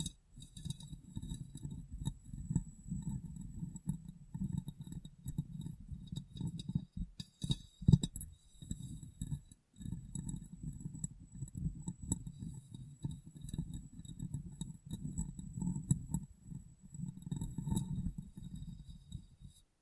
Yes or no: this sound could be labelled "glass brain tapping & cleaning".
yes